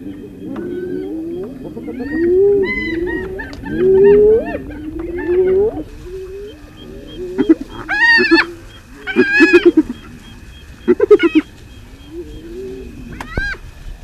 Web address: earth naturelibrary. spotted hyena